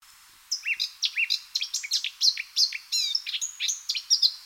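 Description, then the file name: Eurasian blackcap song, a fast, varied warble of high chirps and slurred whistles. It starts after half a second of quiet and runs steadily to the end. "Sylvia atricapilla"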